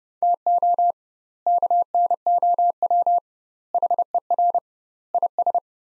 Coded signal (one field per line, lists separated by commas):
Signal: Morse code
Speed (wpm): 30 wpm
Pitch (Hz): 700 Hz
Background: none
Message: TO KNOW HER IS